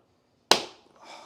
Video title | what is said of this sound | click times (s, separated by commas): Fluval FX6 Canister Filter Unboxing and Review | Pick up on your latch. Click into place. | 0.5 s